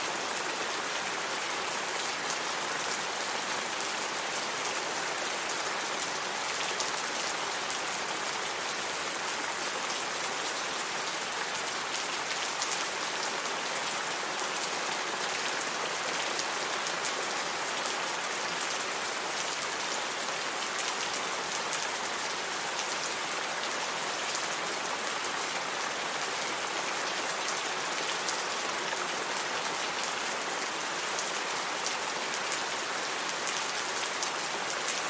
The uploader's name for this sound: Satisfying Rain Sounds